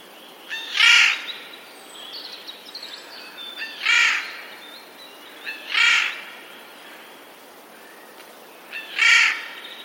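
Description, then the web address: Eurasian jay calling four times, loud harsh rasps at irregular intervals of a few seconds. Recorded 11 April 2021. "wroblowe ostrzegator sojka"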